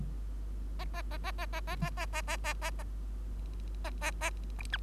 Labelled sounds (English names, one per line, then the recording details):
Bengalese Finch song
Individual Bird3